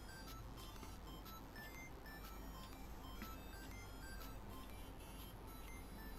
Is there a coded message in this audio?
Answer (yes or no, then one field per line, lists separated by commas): no